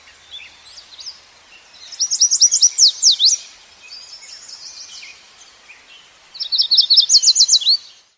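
Bird calling: two bursts of rapid, high, sweeping notes forming a fast trill, with softer twittering between them and a steady background hiss.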